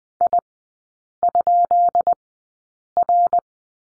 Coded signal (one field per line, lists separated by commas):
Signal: Morse code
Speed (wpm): 20 wpm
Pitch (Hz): 700 Hz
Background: none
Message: I?R